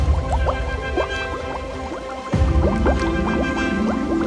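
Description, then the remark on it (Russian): Water in a pond splashes and bubbles steadily as a family of ducks dives under. It makes a quick stream of rising, plopping burbles, with a brief dip and then a fuller surge partway through. No one speaks. “Итак, вся утиная семья опустилась под воду.”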